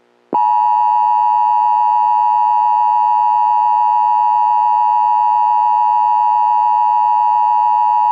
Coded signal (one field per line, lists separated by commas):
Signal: Emergency Alert System (SAME) tones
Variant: 853 and 960 Hz attention tone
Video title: EAS Scenario #5 - Takeover